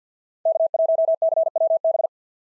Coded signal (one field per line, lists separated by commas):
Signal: Morse code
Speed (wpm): 48 wpm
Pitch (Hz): 650 Hz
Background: none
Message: K1CWB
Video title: POTA QSO Practice - 50wpm